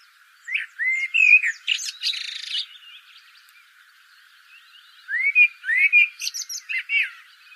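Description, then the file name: Common blackbird phrases of rising whistled notes with harsh, scratchy high twitters, one near the start and one after a pause. "Turdus merula"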